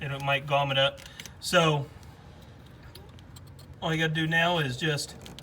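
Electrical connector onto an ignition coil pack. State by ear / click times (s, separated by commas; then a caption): not seated / none. A plastic electrical connector, with a little dielectric grease on it, is being handled to plug onto the new ignition coil pack on cylinder 8 of a 4.6 L V8 in a Ford F-150. Someone talks, and there are a few faint, brief ticks and handling sounds between the speech. Nothing has seated or clicked yet.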